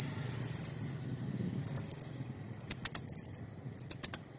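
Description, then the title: Blue-crowned hanging parrot giving groups of sharp, very high ticking notes. Master recording for training cage birds; the bird is singing actively, in a clear recording. "Masteran Burung Serindit Ll Masteran Serindit Gacor Jernih"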